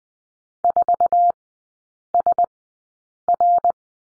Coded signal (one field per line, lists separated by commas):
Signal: Morse code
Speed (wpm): 20 wpm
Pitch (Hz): 700 Hz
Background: none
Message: 4SR